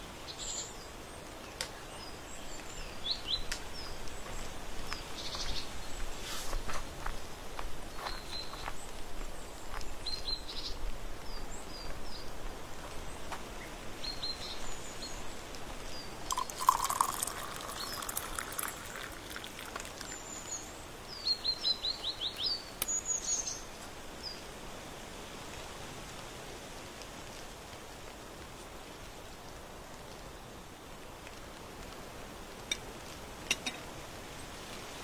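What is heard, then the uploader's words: An autumn porch scene with a steady outdoor hiss throughout. Scattered short clicks and taps come every few seconds, busier in the first twenty seconds, with a brief high chirp near the middle and around twenty-three seconds. The last stretch is quieter and more even. On the porch in autumn.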